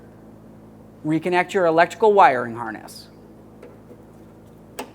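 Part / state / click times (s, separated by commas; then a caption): wiring harness connector into liftgate latch / seated / 4.8 s. Someone talks, then the plastic electrical wiring harness connector is pushed onto the liftgate latch of a 2002-2005 Ford Explorer and clicks in at 4.8 s, a sharp, brief click. A fainter tick comes just before at 3.6 s. The connector is seated and secure.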